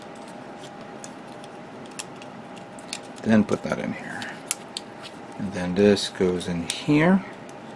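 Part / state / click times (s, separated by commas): plastic kit part into the leg assembly / not seated / none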